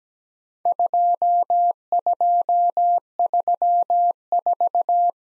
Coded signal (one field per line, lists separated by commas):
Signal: Morse code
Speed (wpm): 17 wpm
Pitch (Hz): 700 Hz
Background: none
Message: 2234